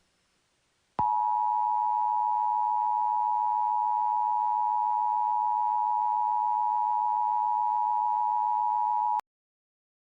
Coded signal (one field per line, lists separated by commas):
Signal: Emergency Alert System (SAME) tones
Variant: 853 and 960 Hz attention tone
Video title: Emergency Alert System Tsunami Warning California 2011